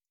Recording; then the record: hydrophone in a shrimp aquaculture tank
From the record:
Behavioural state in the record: feeding